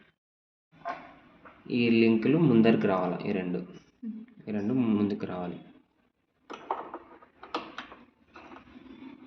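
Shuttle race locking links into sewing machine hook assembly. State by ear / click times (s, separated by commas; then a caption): seated / 6.7 s, 7.5 s. Someone talks while the two metal links or clamps on the shuttle race of an Usha Excella DLX sewing machine's hook assembly are pushed forward. Sharp clicks are heard at 6.7 s and 7.6 s as the links lock into place, a lock that is compulsory. The shuttle race is seated.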